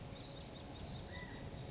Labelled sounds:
California Quail (Callipepla californica)
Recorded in Sonoma County, California

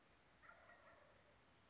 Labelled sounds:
Wild Turkey (Meleagris gallopavo)
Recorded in Sonoma County, California

